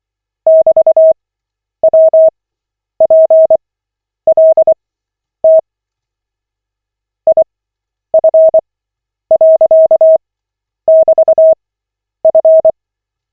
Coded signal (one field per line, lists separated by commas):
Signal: Morse code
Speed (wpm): 24 wpm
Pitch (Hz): 640 Hz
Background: none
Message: <BT>WPLT IF.<BT>F